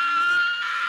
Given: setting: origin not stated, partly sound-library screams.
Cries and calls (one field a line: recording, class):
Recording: one-second piece from a danger detection set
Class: woman in danger